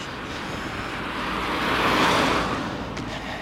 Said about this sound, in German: Ja, ein Auto nach dem anderen. Also es ist sehr beliebt hier. Und sie kommen von überall her.